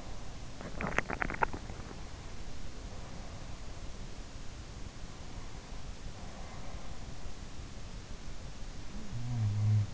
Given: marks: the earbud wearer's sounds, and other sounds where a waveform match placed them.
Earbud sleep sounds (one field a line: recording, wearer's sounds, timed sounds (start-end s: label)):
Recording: sounds in sleep by an in-ear microphone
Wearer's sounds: swallowing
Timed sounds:
0.00-2.53 s: swallowing